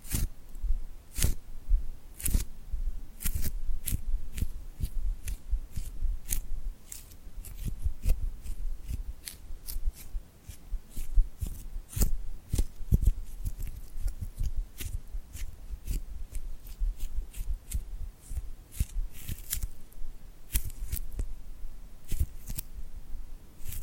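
Sticky, tingly hand sounds crackle in dense, irregular bursts of sharp snips and peels over a soft low rustle, steady for the whole stretch.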